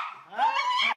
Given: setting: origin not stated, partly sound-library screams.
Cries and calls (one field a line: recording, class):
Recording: one-second piece from a danger detection set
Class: woman in danger